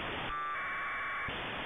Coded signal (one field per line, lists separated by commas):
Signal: packet radio (AX.25, as in APRS)